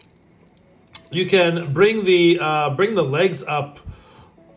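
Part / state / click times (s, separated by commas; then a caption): plastic tab of a figure's waist joint into its slot / seated / 1.0 s. On a Transformers Studio Series 86 Bumblebee transforming robot figure, the plastic waist joint is folded and its tab is pushed all the way up into its slot, done carefully because many parts move. A sharp click at 1.0 s marks the tab clicking into place, seated. Someone then talks for the rest of the clip.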